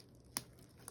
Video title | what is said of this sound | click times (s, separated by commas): PICC Line Dressing | let it snap in place there and then we can lock the plastic | 0.4 s